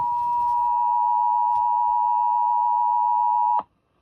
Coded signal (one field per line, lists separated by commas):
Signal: Emergency Alert System (SAME) tones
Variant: 853 and 960 Hz attention tone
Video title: EAS#2 Tornado Warning (3/16/2025)